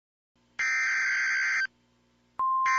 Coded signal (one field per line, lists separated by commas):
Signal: Emergency Alert System (SAME) tones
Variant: header bursts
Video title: NOAA Weather Radio Commercials Pt. 2